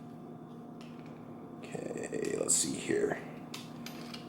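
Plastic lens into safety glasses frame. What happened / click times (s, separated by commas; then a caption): The plastic lens snapped onto its locating peg / 3.5 s. A clear plastic lens is pushed up into a pair of X-Aegis shooting safety glasses frame so a small peg engages the hole in the lens. Soft plastic rubbing and handling sounds lead into short clicks, and the lens snaps into place at 3.5 seconds, seated on the peg. Someone talks briefly.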